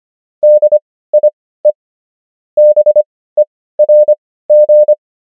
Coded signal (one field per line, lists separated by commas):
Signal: Morse code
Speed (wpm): 25 wpm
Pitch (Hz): 600 Hz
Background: none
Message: DIE BERG